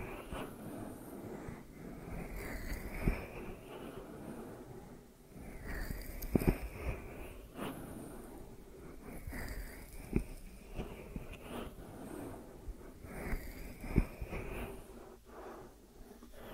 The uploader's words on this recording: ASMR Deep Ear Massage for Sleep(No Talking).